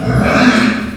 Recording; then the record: squeal of a Yucatan mini pig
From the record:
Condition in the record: after surgery on the right vocal fold (resection and tissue-engineered implant); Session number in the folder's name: 9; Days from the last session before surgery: 65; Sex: female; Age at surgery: 19 weeks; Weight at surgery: 25 kg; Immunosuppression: prednisolone